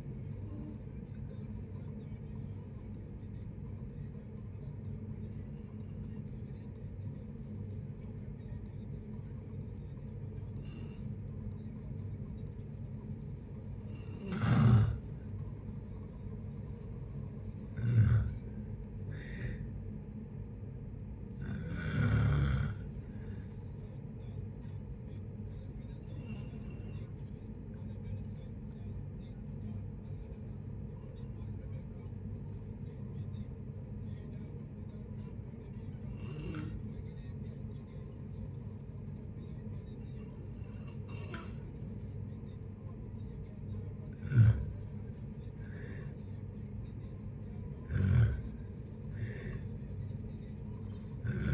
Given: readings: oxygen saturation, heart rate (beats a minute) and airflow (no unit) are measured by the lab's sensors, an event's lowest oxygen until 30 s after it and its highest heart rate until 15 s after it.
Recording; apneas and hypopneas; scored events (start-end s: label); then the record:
a person awake in a sleep study, by a smartphone at the bedside; none
0.00-51.54 s: awake
0.00-51.54 s: awake
From the record:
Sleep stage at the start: awake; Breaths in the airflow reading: 21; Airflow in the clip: -0.7 to 0.7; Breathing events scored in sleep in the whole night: 496 in 5.4 hours asleep